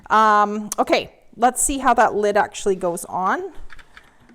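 Someone talks while handling the lid of an Instant Pot Duo Evo Plus 8 Qt pressure cooker over its cooker base, and two short, sharp handling ticks are heard near 3.7 and 4.0 seconds. Nothing has seated or snapped into place yet.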